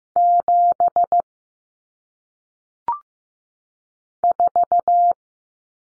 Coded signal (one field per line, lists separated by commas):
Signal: Morse code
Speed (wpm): 15 wpm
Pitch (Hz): 700 Hz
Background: none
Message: 7 4